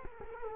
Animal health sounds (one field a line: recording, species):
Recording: mosquito wingbeat signal from an infrared sensor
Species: Culex quinquefasciatus